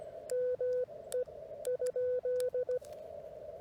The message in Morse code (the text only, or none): ME?